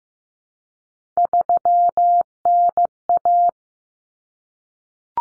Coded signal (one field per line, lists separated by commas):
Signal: Morse code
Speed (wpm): 15 wpm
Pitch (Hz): 700 Hz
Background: none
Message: 3NA